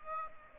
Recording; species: mosquito wingbeat signal from an infrared sensor; Aedes aegypti